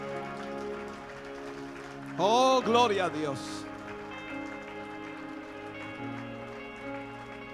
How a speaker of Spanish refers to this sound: ¿Cuántos dan un aplauso de alabanza al Señor?